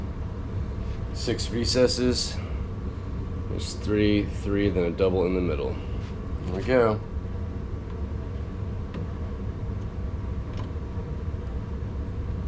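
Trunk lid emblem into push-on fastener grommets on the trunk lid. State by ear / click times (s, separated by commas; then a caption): not seated / none. A trunk lid emblem with tapered pins is lined up with the push-on fastener grommets in the six recesses on the trunk lid of a 1996 Mercedes SL500 R129 while someone talks over a steady low hum. The emblem is only handled and positioned here, and nothing has seated or clicked yet.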